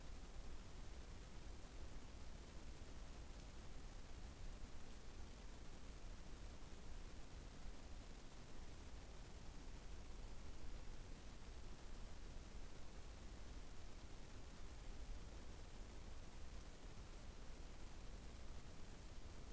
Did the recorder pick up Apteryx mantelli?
no